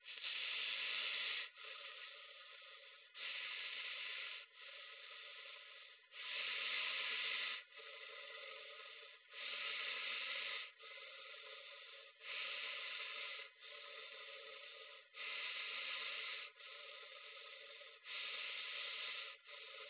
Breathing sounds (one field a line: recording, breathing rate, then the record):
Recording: paced breathing near a phone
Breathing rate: 20 breaths a minute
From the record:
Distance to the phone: 20 cm